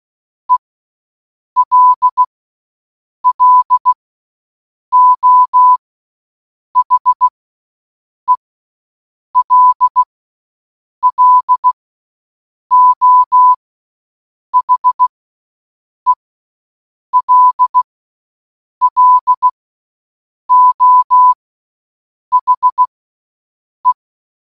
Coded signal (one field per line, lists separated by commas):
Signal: Morse code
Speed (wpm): 16 wpm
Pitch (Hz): 1000 Hz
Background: none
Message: ELLO HELLO HELLO HE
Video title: 🔊🔊🔊 Listening To HELLO For ONE HOUR In Morse Code Challenge 🔊🔊🔊